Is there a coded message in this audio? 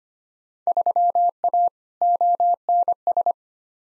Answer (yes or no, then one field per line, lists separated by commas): yes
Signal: Morse code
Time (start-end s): 0.7-3.3 s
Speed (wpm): 25 wpm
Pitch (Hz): 700 Hz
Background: none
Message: 3A ONS